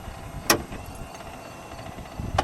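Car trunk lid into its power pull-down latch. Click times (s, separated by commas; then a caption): 0.5 s. The trunk lid of a 1985 Cadillac Fleetwood Brougham Coupe is lowered gently onto its power pull-down latch, which clicks at 0.5 s, and then the power pull-down draws the lid shut with a whirring motor. A second, fainter sharp sound comes at about 2.4 s over a low background rumble. The lid is latched and seated.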